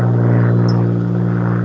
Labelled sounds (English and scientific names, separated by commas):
California Towhee (Melozone crissalis)